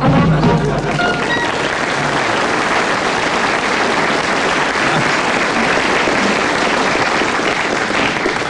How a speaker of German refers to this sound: Ich meine, sie klatschen, ne?